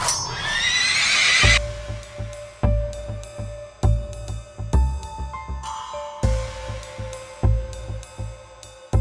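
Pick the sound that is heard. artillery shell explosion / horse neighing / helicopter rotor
horse neighing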